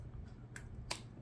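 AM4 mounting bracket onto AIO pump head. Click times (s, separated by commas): 0.6 s, 0.9 s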